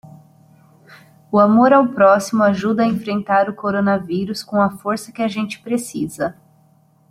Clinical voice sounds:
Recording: spoken sentence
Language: Brazilian Portuguese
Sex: female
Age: 30 to 39 years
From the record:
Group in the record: control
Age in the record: 37 years

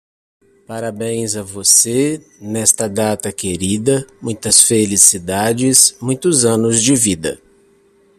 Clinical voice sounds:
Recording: short text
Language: Brazilian Portuguese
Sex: male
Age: 30 to 39 years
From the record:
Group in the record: control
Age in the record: 39 years

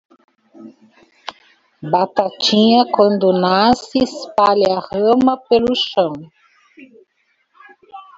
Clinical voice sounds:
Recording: short text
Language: Brazilian Portuguese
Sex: female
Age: 50 to 59 years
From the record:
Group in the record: control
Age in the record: 59 years

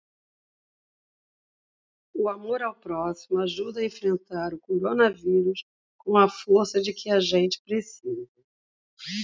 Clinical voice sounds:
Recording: spoken sentence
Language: Brazilian Portuguese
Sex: female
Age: 60 to 69 years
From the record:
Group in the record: control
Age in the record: 60 years

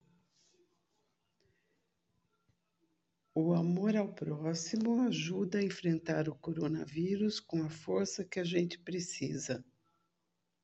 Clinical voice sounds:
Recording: spoken sentence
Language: Brazilian Portuguese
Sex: female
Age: 60 to 69 years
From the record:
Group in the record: control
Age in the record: 64 years

